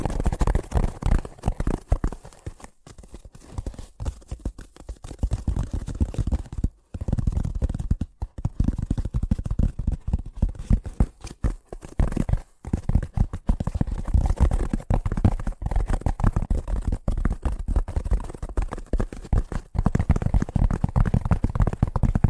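Fast tapping runs almost without pause for the whole stretch, a dense stream of quick, dull knocks weighted toward the low end. The rhythm is busy and uneven rather than metronomic, with brief gaps near 7 and 12.5 seconds before the taps resume.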